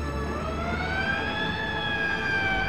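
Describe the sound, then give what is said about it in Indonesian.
The wailing siren of an arriving ambulance holds a steady, slowly wavering high tone with bright harmonics, sounding loud and continuous over a low rumble of traffic noise, with no voices. “Anak-anak, tak berapa lama kemudian ambulans datang.”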